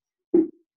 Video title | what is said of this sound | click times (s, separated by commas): Pollinator Palooza | one because it was steady enough i know this isn't going to blow out it you can kind of hear it snap into place | 0.3 s